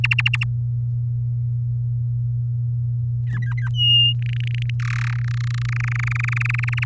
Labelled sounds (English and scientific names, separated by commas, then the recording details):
Domestic Canary (Serinus canaria) song
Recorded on 9 May 2018 at 05:32
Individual llb16